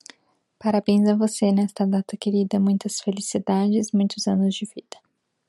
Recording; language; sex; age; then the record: short text; Brazilian Portuguese; female; 20 to 29 years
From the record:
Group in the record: control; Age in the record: 27 years